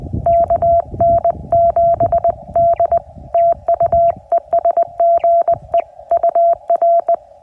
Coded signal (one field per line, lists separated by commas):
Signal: Morse code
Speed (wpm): 20 wpm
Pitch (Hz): 680 Hz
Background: none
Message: KN7D TU ES GE UR